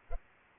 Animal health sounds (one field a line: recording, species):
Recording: mosquito wingbeat signal from an infrared sensor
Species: Culex pipiens